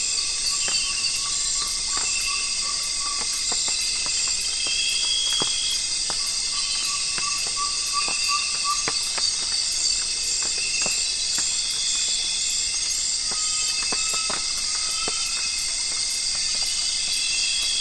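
Nightfall along the Zabalo River in Ecuador: a dense, unbroken chorus of insects fills the upper range, with a fast, regular pulsing at the very top. Short mid-pitched whistled calls rise out of it several times, and scattered sharp ticks and clicks come and go.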